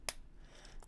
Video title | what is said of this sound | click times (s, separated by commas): Graphic Skinz Design Studio Custom Motorized Vacuum Chamber | i'm gonna put red wheels they snap right in they're not on an axle | 0.1 s